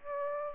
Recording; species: mosquito wingbeat signal from an infrared sensor; Aedes aegypti